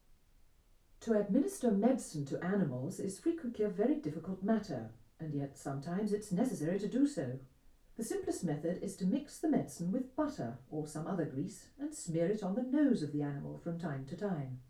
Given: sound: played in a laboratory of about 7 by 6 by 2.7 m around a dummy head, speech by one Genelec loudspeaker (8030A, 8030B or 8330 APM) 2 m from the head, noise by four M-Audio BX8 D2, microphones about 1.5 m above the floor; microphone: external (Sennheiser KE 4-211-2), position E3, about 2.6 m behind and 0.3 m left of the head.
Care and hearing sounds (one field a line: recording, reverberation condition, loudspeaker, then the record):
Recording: female speech in English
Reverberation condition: low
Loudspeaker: 120 degrees to the right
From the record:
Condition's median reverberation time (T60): about 310 ms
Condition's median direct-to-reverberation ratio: about 3.5 dB